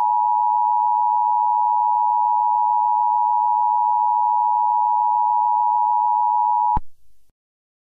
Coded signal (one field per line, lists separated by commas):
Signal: Emergency Alert System (SAME) tones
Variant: 853 and 960 Hz attention tone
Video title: Romania EAS Alarm Mock (Maybe)